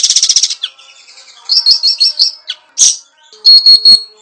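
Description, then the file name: Siri-siri besar giving rapid buzzy high chirps, then sliding whistled notes and sharp metallic bursts, loud and clipped, with brief pauses between phrases. Sharp calls (tembakan tajam) used as a master recording for training cage birds. "Suara Siri Siri Besar Tembakan Tajam Untuk Masteran"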